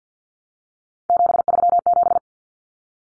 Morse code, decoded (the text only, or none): 737